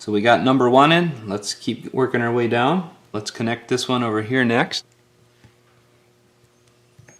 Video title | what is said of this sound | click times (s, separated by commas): iPhone 6 Battery Replacement Guide (How To) - ScandiTech | you can just kind of hear them snap in make sure they're seated properly | 7.1 s